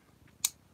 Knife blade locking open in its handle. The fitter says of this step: did you hear that snap Kapow